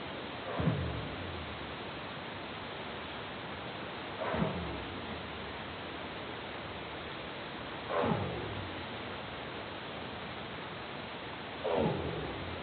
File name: northpacificrightwhale